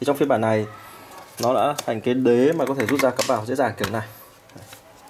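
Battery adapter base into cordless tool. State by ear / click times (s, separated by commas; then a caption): seated / 4.5 s. Someone talks while pushing a removable plastic battery adapter base, which lets a Ryobi One+ cordless tool run on Makita batteries, into the tool's battery slot. A soft click is heard at 4.5 s, and the base is seated fully in the tool.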